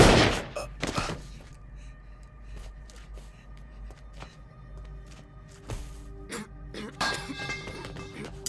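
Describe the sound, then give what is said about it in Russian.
A loud, sharp gunshot from an old firearm cracks out at the start, with a second bang right after, then quieter clinks and thumps and another burst of noise near the end. “твоя любовь к старому оружию ограничивает тебя двумя выстрелами. Да, но я жаждал лишь одного выстрела.”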